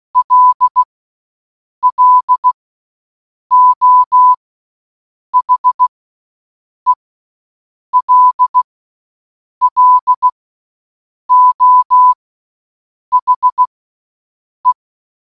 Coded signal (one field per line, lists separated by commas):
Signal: Morse code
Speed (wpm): 16 wpm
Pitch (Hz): 1000 Hz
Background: none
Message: LLO HELLO HE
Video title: 🔊🔊🔊 Listening To HELLO For ONE HOUR In Morse Code Challenge 🔊🔊🔊